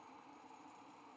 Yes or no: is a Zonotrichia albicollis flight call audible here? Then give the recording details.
no. No flight call is heard. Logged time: 10:30 on 5 December 2014